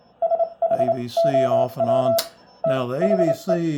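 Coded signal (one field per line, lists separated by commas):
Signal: Morse code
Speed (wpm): 28 wpm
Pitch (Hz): 690 Hz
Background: speech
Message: SHOW THE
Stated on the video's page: Morse received on an HQ-110A receiver through a TMC GSB-1 SSB adapter.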